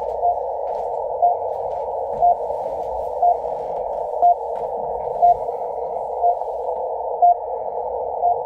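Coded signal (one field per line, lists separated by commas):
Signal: radio time signal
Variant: RWM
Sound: short beep every second, nine in all, over steady filtered radio hiss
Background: radio static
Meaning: Each short pip marks the start of one second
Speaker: good signal rwm time signal station out of Moscow Russia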